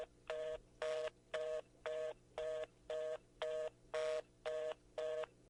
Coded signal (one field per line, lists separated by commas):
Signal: telephone call progress tone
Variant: North America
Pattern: reorder tone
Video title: EAS Scenario: Sega Channel's Final Broadcast